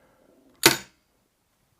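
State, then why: Released. An Anchor Lås high-security steel padlock is being picked, and after a few faint ticks its core turns. At 0.7 s the hardened steel shackle releases and drops down with a loud, sharp strike that rings briefly before fading. The shackle has popped open and the lock is released.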